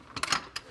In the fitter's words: it clicks into place